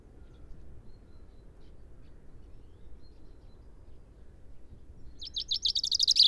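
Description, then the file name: Common chaffinch song beginning after five seconds of quiet: a burst of fast repeated bright notes, cut off near the end. "Fringilla coelebs"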